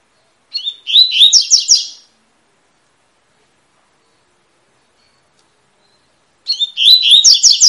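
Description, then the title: Double-collared seedeater singing two loud phrases of quick, buzzy, repeated slurred notes, separated by about four seconds of silence. Tui-tui song type, fibra (spirited) bird; teacher song used to train young birds. "COLEIRO TUI TUI FIBRA"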